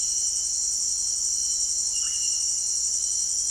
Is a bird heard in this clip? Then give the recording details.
yes. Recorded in dense forest near Puerto Asís, Putumayo, Colombia, on 13 March 2025 at 18:00. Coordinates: 0.499, -76.324. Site GP03